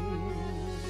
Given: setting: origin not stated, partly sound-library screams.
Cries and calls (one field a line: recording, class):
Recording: one-second piece from a danger detection set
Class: normal situation